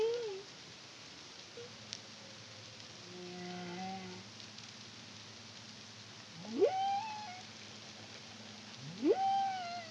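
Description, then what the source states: Humpback whale song: low harmonic moans followed by two rising whoops that flatten at the top, over a faint drone and hiss. Song; Caribbean, CARIMAM project, 2023.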